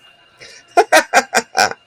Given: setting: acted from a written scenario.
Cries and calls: vocal sound without words; positive surprise

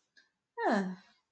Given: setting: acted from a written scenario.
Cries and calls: vocal sound without words; neutral

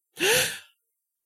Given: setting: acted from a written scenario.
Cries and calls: vocal sound without words; positive surprise

